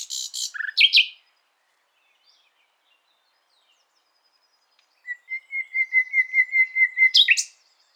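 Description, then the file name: Common nightingale song with sharp, explosive opening notes, a pause, then a steady series of quick repeated whistled notes closing with a high, abrupt note. "Luscinia megarhynchos"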